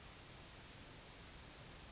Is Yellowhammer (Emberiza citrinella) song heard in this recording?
no